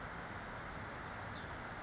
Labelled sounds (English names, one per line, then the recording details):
Western Flycatcher
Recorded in Sonoma County, California